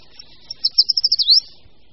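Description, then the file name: Short-toed treecreeper song: one short phrase of about eight evenly spaced, very high thin notes, ending in a quick falling then rising slur. "Šoupálek-dlouhoprstý"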